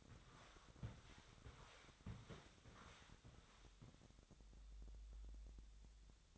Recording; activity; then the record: daily activity, microphone in the room; walk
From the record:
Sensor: 3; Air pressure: 1000.5 hPa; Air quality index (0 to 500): 170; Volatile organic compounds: 3 ppm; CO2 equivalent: 1478 ppm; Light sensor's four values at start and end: 16/42/17/19 and 17/44/18/19